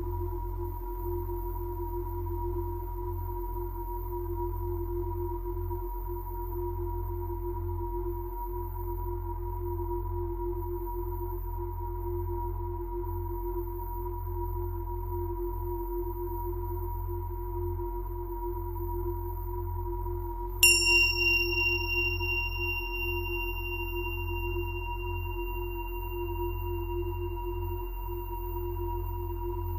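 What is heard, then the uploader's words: Tuning fork tones hum steadily throughout, a low droning bed with a mid tone and a clear higher tone that never change. Around twenty seconds a single bright strike rings out, its high metallic overtones shimmering and slowly fading over the remaining seconds. Angel Tuning Fork - Frequency (528Hz & 963Hz) & Perfect Frequency (432Hz).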